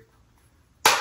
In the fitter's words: the same kind of Click you get with the airpods